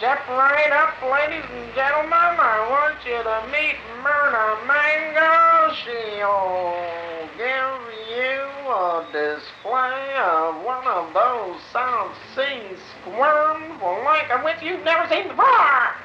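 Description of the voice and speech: An adult man talks in his sleep (somniloquy), delivering fluent, clearly worded carnival-barker patter that is high-pitched and sing-song, with stretched vowels and brief pauses. The dream has a lively, musical quality.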